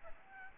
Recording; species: mosquito wingbeat signal from an infrared sensor; Aedes albopictus